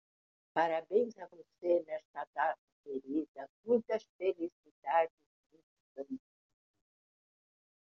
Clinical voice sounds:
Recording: short text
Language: Brazilian Portuguese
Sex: female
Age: 80 to 89 years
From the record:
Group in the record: control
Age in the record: 80 years

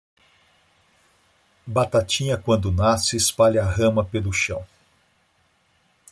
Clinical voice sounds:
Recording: short text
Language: Brazilian Portuguese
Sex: male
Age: 60 to 69 years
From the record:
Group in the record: control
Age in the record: 62 years

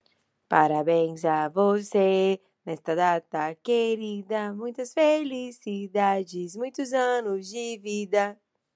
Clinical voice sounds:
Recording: short text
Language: Brazilian Portuguese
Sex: female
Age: 40 to 49 years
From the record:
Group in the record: control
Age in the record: 41 years

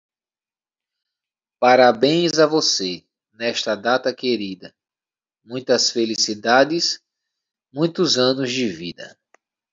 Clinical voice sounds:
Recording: short text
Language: Brazilian Portuguese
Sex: male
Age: 30 to 39 years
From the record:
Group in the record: control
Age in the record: 37 years

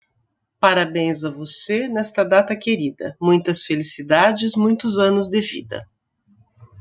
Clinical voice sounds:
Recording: short text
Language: Brazilian Portuguese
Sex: female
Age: 50 to 59 years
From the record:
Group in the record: control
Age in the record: 59 years

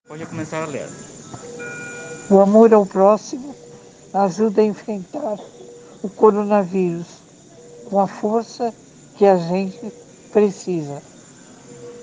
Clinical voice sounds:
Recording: spoken sentence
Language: Brazilian Portuguese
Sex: female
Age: 70 to 79 years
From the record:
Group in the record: respiratory insufficiency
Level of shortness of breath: 5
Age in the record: 75 years

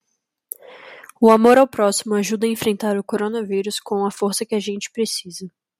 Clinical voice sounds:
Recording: spoken sentence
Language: Brazilian Portuguese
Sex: female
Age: 20 to 29 years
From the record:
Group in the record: control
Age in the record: 21 years

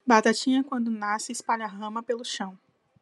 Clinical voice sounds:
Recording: short text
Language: Brazilian Portuguese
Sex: female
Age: 20 to 29 years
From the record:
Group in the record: control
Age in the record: 28 years

